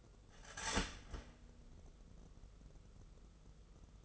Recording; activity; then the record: daily activity, microphone in the room; start toaster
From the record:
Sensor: 4